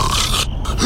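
A single rough, snorting snore, acted, the kind of sound linked with sleep apnea, which could be affecting health.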